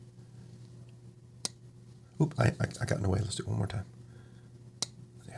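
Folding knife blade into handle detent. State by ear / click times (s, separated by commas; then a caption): seated / 4.8 s. A folding knife blade is closed into its handle detent: a sharp click at 1.4 s, then someone talks, and on a retry the blade snaps into the detent with a crisp click at 4.8 s. The blade is seated and holds really solid.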